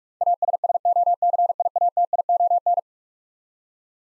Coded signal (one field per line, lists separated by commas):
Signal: Morse code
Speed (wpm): 46 wpm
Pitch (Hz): 700 Hz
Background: none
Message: ASSOCIATION